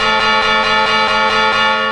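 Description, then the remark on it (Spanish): A clock tower carillon rings out loudly with rich, sustained bell tones, the overlapping notes pulsing in a quick, steady rhythm throughout, with no voices, ahead of the New Year's Eve midnight bell strikes welcoming 2021. “¡Van a llegar el momento a las campanadas! ¡El carrillón, el carrillón!”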